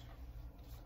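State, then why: Not seated. A stroller part on a Chicco Liteway stroller in the color Fog, probably the plastic harness buckle on the seat, is being handled while the stroller is set up and a child is placed in it. Only a steady low rumble and faint ticking are heard. Nothing has seated or clicked yet.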